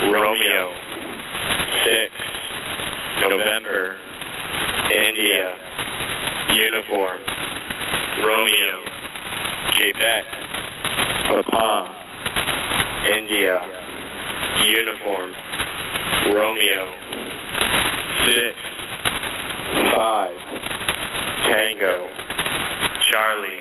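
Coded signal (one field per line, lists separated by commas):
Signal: coded military voice message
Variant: HFGCS Emergency Action Message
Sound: male voice reading NATO phonetic letters and numbers over noisy radio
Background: radio static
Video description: They are character strings, which are spoken with the NATO Phonetic Alphabet, the same as the number station E10.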